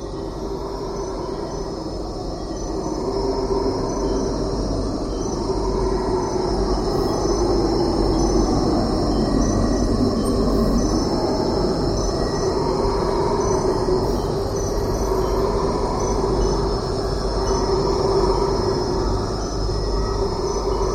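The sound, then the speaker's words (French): Howler monkey colonies roar together in a deep, rumbling chorus that swells and holds steady, a continuous low drone marking territory, with no voices speaking. “et tout à coup un espèce de balayage arrive dans le bas du spectre, qui était en fait je me doutais un petit peu que c'était ça, mais c'est des sons qui sont imputables à des colonies de singes hurleurs qui marquent leur territoire.”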